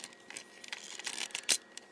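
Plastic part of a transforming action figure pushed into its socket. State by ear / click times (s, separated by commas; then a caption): seated / 1.5 s. A plastic part of a Transformers Reveal the Shield Voyager Lugnut transforming action figure is pushed all the way into its socket, with light plastic rattles and small clicks from about 0.3 s on. The part seats with a sharp, louder click at 1.5 s.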